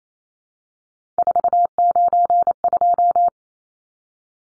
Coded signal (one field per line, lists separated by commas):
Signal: Morse code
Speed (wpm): 28 wpm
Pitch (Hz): 700 Hz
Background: none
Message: 492